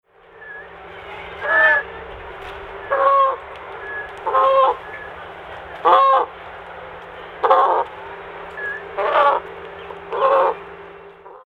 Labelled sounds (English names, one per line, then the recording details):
Indian Peafowl
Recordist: Tembrock, Günter
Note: Weibchen mit Küken